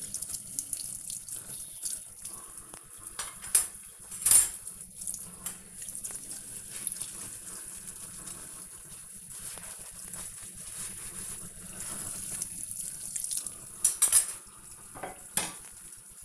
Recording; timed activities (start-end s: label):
household activities, microphone on the right wrist
0.00-16.25 s: washing dishes